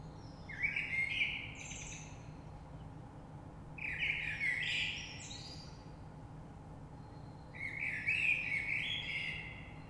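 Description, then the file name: Common blackbird giving three separate song phrases a few seconds apart, each a mellow warble with scratchy high twittering, with constant low hum behind. Recorded 3 March 2020. "Rush Merle"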